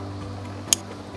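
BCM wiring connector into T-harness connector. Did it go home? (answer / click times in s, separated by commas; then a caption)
yes / 0.7 s. The white BCM wiring connector on a 2010-2016 Cadillac SRX with push-to-start is plugged into the white T-harness connector during a remote start install. Over a low steady hum, a single sharp click sounds at 0.7 s as the connector seats. No one talks in the clip.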